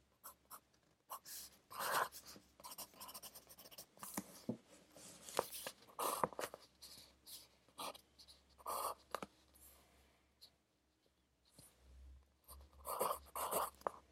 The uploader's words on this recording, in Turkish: Sessiz odada 60 dakika boyunca kurşun kalem ile ders çalışma; ortam sesleri, beyaz gürültü alt yapısı. Ev, kütüphane çalışmaları ortam sesi.